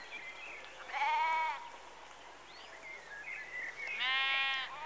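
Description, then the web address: Sheep bleating, two drawn-out wavering bleats about three seconds apart, with fainter calls between them. Rural exterior atmosphere background, sheep recorded close in the early evening. "BBC Sound Effects Library - Exterior Atmospheres-Rural Backg Sheep Early Evening- Close"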